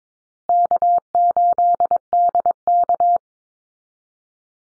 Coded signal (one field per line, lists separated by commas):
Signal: Morse code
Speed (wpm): 22 wpm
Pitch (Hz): 700 Hz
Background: none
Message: K8DK